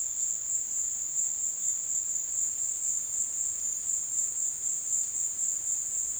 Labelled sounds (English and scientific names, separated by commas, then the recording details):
none
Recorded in secondary vegetation near Puerto Asís, Putumayo, Colombia, on 22 June 2025 at 16:00
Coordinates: 0.485, -76.322
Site GP06